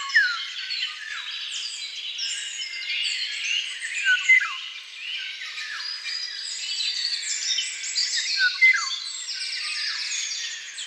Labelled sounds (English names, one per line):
Eurasian Golden Oriole song